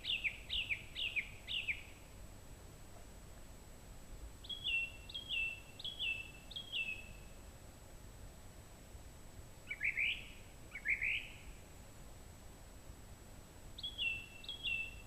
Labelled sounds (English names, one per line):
Song Thrush song